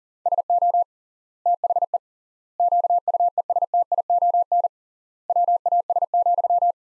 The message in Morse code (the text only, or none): SO THE QUESTION WAS,